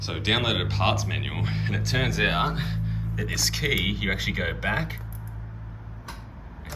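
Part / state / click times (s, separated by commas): scooter seat latch released by the ignition key / released / 6.1 s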